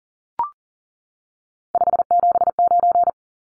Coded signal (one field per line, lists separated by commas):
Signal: Morse code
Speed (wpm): 40 wpm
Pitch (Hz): 700 Hz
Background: none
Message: 579